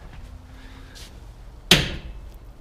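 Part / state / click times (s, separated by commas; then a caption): diff lock actuator collar engaging the differential / seated / 1.7 s. On a Toyota Tacoma, the rebuilt electric E-Locker diff lock actuator is switched on and the wheel is turned slightly by hand until the locking collar lines up. After a quiet stretch, a single sharp metallic clunk at 1.7 s marks the collar snapping into engagement in the steel differential, then it fades. The diff lock is seated and the dash light goes solid.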